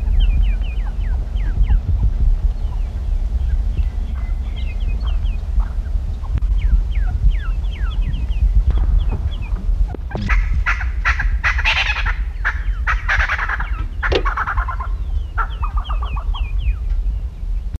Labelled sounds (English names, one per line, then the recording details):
Red-billed Spurfowl call
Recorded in captivity
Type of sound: call
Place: Boo Boo Zoo Maun, BW
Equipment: Halbspur, 9,5 cm/s
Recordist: Lütgens, Hans
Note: Mit Jungen